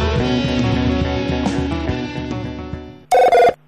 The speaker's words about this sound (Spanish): ¿Quién es? Estoy escuchando un celular de fondo. ¿Quién es? Nadie.